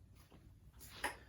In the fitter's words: you simply slide it in to you her click so